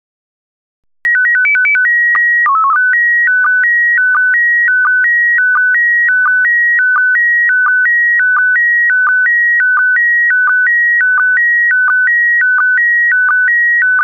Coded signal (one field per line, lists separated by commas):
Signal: SSTV (slow-scan television)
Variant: PD 90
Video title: Daily Minutes, 23 december 2018 (NIeuws, 4 kerst-SSTV-beelden)